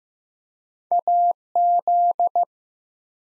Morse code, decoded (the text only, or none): AZ